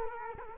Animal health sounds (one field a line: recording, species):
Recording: mosquito wingbeat signal from an infrared sensor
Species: Culex quinquefasciatus